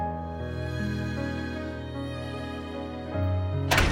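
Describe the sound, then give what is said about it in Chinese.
Sustained tonal music plays steadily, then a single heavy door slams shut in a hospital stairwell with a loud, abrupt bang right at the end. “楼道间里传来一声重重的关门声，两人猛地分开”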